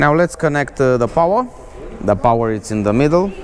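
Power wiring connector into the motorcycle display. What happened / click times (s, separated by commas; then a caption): Handled, not yet home: power connector not yet clicked in / none. Someone talks while handling the power wiring connector, bringing it to the middle socket on the back of the new display of a 2024 Honda NT1100 motorcycle. Nothing has seated or clicked yet; the connector is not home by the end of the clip.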